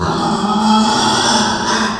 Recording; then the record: squeal of a Yucatan mini pig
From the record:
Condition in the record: after surgery on the right vocal fold (resection and tissue-engineered implant); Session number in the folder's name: 16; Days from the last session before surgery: 183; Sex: female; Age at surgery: 19 weeks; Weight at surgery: 25 kg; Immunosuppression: prednisolone